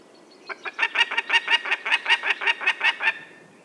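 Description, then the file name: Peregrine falcon, a quick, grating kek-kek series of many notes over about two and a half seconds, then silence. "vandorsolyom hangja"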